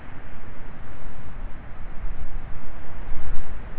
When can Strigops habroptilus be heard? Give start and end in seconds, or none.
none